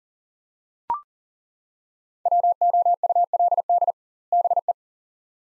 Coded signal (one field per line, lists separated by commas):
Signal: Morse code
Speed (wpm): 37 wpm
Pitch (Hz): 700 Hz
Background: none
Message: WOULD BE